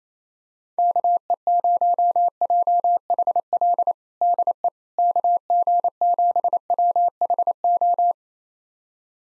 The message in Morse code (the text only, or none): KE0JHL DE KG7WHO